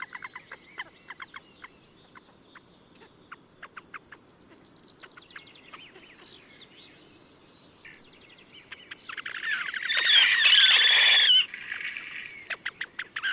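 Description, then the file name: Horned grebe calls: scattered short ticking notes, then a loud harsh squealing trill around the tenth second before more clipped notes. "Krasnoshejnaya poganka - lat Podiceps auritus Patrik berg"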